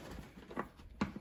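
The plastic air filter housing part of a Seat Arona is handled and pushed toward its place in the airbox in the engine bay. Two brief handling knocks are heard at about 0.6 s and 1.0 s over low background noise. Nothing has seated or clicked yet.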